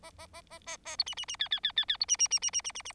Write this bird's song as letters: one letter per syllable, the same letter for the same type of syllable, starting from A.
A A A A A A B C C C D D D D D B C C C C C C C C